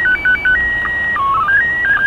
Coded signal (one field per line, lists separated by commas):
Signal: SSTV (slow-scan television)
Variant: PD 120